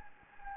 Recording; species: mosquito wingbeat signal from an infrared sensor; Anopheles gambiae